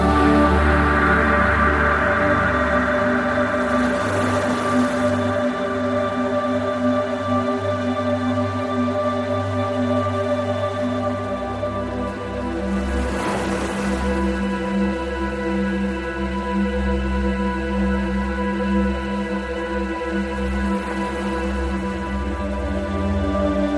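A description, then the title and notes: Gentle, calming music holds long, steady tones, with a low bass drone beneath smooth sustained notes. Ocean swells wash through roughly every eight to nine seconds, near 4, 13 and 21 seconds, each a soft hiss that rises and fades. Gentle and calming music, set against the soothing sounds of the ocean.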